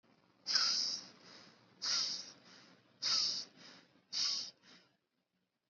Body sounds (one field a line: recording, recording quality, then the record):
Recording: shallow breathing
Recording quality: excellent, no background noise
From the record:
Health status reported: healthy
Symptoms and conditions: none ticked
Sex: male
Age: 20 years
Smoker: not ticked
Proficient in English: yes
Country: India